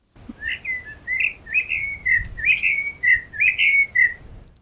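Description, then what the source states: Common Blackbird song: a run of short, mellow, fluting whistled phrases separated by short pauses. Sung at night, at sunset and in the morning; the better-known song, heard very often.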